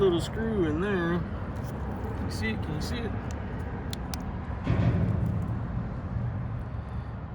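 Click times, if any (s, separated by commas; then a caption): 3.9 s, 4.1 s. Someone talks while a driver bit is turned on the small screw holding the door armrest trim of a 1968 Fairlane 500 Fastback. The bit slips in the damaged head, making two sharp metallic ticks at 3.9 s and 4.1 s over a low steady background. The screw head is stripped.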